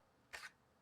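A fixed-blade knife is drawn out of its sheath, and the sheath retention lets go with a soft pop at 0.4 seconds. A short, bright burst of sound follows before the clip goes quiet again. The knife is released from the sheath.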